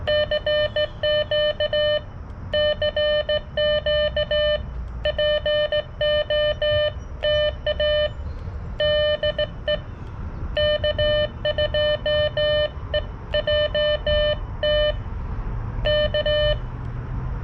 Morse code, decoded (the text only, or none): CQ CQ POTA DE K2EJT K